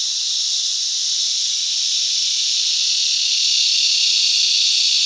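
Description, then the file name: Cicadas and crickets in a steady, dense, hissing buzz, high-pitched and unbroken, holding an even level throughout with no other sounds. Summer day in Australia. "zapsplat animals insects cicada crickets summer day australia"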